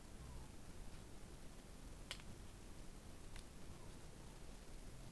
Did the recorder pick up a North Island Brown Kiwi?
no